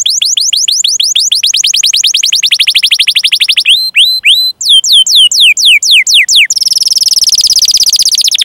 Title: Kenari Gacor Cengkok Terbaik Isian Paling Mewah